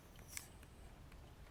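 Two CO2 cartridges sit in an airgun magazine facing opposite ways, and tightening the sealing piece pierces and seals a cartridge with a sharp, bright pop at 0.4 s. A few fainter ticks follow over low background noise, and the cartridge is seated and sealed.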